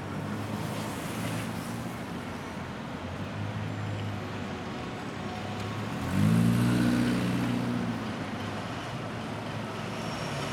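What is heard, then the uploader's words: Steady traffic noise forms a dense, even wash of sound with a low rumble underneath. Around six seconds a louder vehicle passes, its deep engine tone rising and swelling for about two seconds before settling back into the constant hiss. Traffic White Noise. The white noise of traffic.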